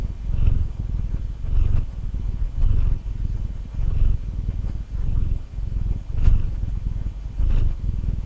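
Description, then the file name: Domestic cat giving a continuous low, rumbling purr that swells and fades roughly every second, steady throughout. Recorded 17 February 2011. "Purring Domestic Cat Turbo"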